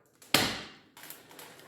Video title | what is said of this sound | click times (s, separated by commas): Shark Rotator Lift Away Vacuum Cleaner Unboxing Setup and Review | Push it straight in, and you'll hear a click. | 0.3 s